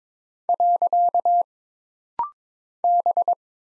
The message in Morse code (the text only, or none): . B